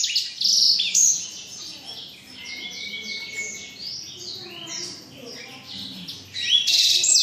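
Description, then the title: Black-throated canary song with loud bursts of high notes at start and end, and a softer, rambling twitter between them along with a long thin whistle. Exceptional black-throated canary from Jombang. "Burung blackthroat Istimewa dari Jombang"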